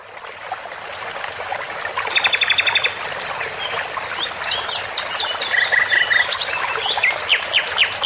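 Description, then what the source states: Birds singing: a rapid buzzy trill, then several high, sharp chirps and a run of short repeated whistled notes, all over a steady rushing water hiss. With the sound of water.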